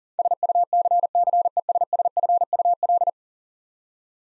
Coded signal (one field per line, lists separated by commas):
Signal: Morse code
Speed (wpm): 37 wpm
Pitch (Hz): 700 Hz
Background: none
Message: SUCCESSFUL